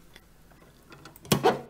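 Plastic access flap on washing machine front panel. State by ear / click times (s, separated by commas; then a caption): seated / 1.3 s. The plastic access flap over the pump filter on the front panel of a Candy washing machine, being repaired because it was not draining water, is closed by hand after a few faint ticks. It snaps shut with a sharp click at 1.3 s, followed by a brief rattling knock around 1.5 s. The flap is seated shut.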